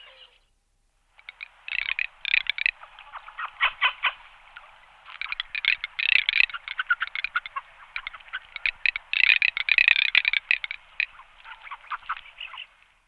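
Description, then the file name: Garganey rattling calls in uneven bursts of dry, rapid clicking crackles, swelling and fading repeatedly over several seconds. "čírka-modrá"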